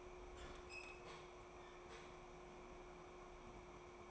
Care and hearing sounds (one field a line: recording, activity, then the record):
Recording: daily activity, microphone in the room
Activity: open fridge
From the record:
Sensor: 1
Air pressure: 1004.6 hPa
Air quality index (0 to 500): 193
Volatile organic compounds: 16 ppm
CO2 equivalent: 2554 ppm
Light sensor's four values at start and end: 5/11/4/4 and 4/11/4/4